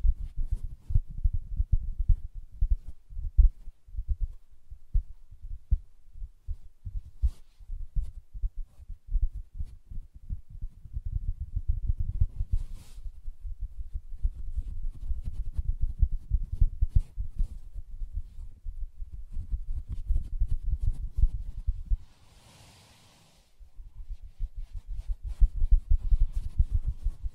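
Fingers tap and scratch on a soft fabric surface, giving dull, low thumps and muffled rubbing that stay dense and busy throughout. A brief lull comes around 22 seconds with a soft brushy hiss, then the tapping resumes.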